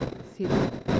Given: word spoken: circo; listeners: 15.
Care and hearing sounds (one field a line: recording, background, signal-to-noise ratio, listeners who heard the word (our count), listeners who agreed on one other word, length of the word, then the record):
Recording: one Spanish word in noise, from a listening test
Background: noise modulated by one talker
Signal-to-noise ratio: -9.0 dB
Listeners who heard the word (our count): 0 of 15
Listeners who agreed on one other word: 12 of 15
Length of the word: 0.60 s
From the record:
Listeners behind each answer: 12, 2, 1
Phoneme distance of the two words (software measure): 51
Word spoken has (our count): 2 syllables, 5 phonemes, stress on syllable 1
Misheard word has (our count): 2 syllables, 6 phonemes, stress on syllable 2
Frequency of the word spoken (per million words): 14.13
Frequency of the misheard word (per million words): 387.05